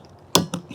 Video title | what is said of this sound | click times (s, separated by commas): Changing your car wipers! It's easy!........... almost..... I needed help! Series 1 Episode 5 | it should slide forward until it clicks | 0.4 s